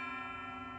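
A USAI SureSnap Pro cordless installation tool is triggered and held as it drives a tube plug into a heat exchanger tube, producing a steady, ringing mechanical drone with stacked tonal harmonics at an even level and a brief hiss rising near the very end. Nothing has seated or snapped into place yet.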